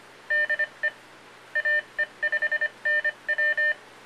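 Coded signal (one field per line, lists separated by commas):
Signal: Morse code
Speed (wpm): 25 wpm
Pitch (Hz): 1800 Hz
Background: none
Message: DE AE5NW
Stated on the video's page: Morse ID from an Arduino fox hunt IDer and controller, driving an old Heathkit handheld transceiver.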